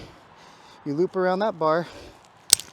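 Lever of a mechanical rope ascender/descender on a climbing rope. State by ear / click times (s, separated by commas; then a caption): seated / 2.5 s. Someone talks as a climbing rope is looped around the bar of a Unicender mechanical rope ascender/descender. At 2.5 s the device's lever engages with a sharp click, putting it into descend mode.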